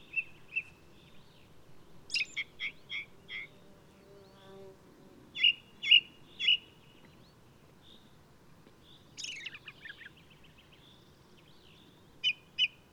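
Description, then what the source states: Ring ouzel song: short phrases of three or four clear, fluty notes near the same pitch, separated by pauses and scratchy twittering bursts, over a steady low background hiss. Singing male of the alpine subspecies alpestris, recorded 22 May 2018 at Důl Bílého Labe in the Krkonoše mountains, Czech Republic.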